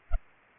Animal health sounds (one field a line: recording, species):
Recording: mosquito wingbeat signal from an infrared sensor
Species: Culex pipiens